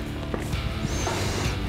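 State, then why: Not seated. A rubber/plastic hood seal is handled and pressed along the new plastic Roush front fascia for an S550 Mustang, where its clips are meant to snap in one after another across the fascia. Steady rustling and handling noise runs throughout over a faint background hum, with soft bumps near 0.3 and 0.85 seconds. Nothing has seated or clicked yet.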